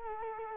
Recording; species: mosquito wingbeat signal from an infrared sensor; Culex quinquefasciatus